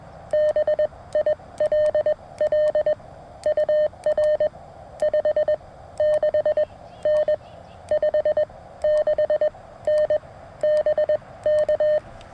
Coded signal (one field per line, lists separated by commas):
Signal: Morse code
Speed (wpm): 21 wpm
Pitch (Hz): 610 Hz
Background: none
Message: BILL UR 56N 56N BK